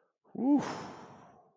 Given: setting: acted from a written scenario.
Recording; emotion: vocal sound without words; relief